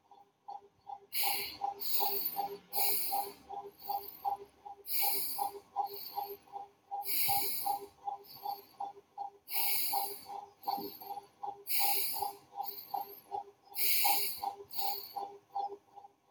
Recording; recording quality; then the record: shallow breathing; excellent, no background noise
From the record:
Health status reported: healthy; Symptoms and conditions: hypertension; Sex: male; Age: 30 years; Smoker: not ticked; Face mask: not worn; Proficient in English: yes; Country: India